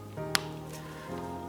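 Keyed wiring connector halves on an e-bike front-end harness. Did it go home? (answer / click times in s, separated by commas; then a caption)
yes / 0.4 s. A keyed wiring connector on the front-end harness of a Magicycle Jaguarundi e-bike is assembled by lining up the notch with the slot and pushing the two halves together, with music playing in the background. A single sharp click sounds at 0.4 s as the connector seats, and a tug afterward checks that the connection holds.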